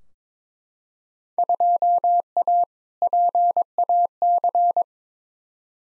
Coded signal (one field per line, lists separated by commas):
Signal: Morse code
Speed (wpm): 22 wpm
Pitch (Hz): 700 Hz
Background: none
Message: 2A PAC